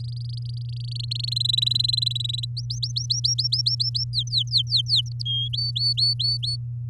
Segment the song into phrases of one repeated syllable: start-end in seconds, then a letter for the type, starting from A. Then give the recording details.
0.00-1.29 A, 1.31-2.45 B, 2.57-4.04 C, 4.13-5.13 D, 5.25-5.48 E, 5.53-6.56 F. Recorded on 10 May 2018 at 06:25. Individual llb16